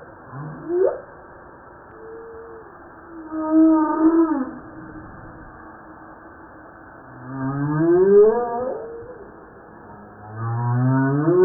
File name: Humpback Whale Song